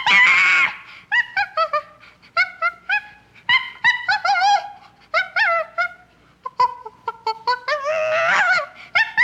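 Chimpanzee vocalizing: a harsh opening scream, then many short high yelps and wavering squeals in quick uneven series, ending with another rough scream and a few yelps.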